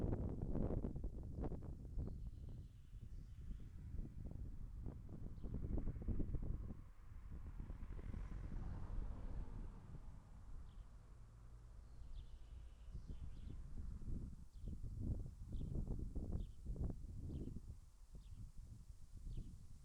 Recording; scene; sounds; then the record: everyday scene through a hearing-aid microphone; wind on the microphone; wind, traffic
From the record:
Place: in front of a rural house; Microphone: behind the ear, left, rear